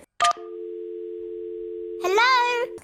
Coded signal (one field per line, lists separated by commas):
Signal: telephone call progress tone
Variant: North America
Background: speech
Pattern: dial tone